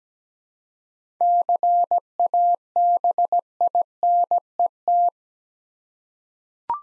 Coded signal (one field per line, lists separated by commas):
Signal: Morse code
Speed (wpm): 17 wpm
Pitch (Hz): 700 Hz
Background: none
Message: CABINET